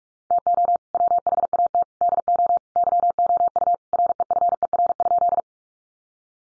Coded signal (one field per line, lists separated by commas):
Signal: Morse code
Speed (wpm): 44 wpm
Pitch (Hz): 700 Hz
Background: none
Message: TO WHAT DO YOU REFER?